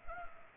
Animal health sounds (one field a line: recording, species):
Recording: mosquito wingbeat signal from an infrared sensor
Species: Culex pipiens